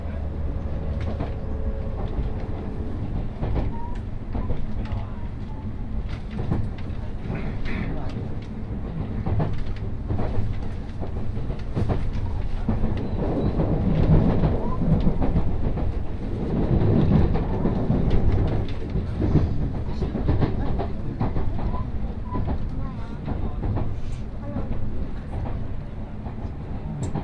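A Tokaido Line Special Rapid train running from Kusatsu toward Shin-Osaka, its low rumble steady and dense for the whole stretch. The roar swells and grows rougher between about 13 and 19 seconds, with scattered rattles and clicks, and faint voices now and then.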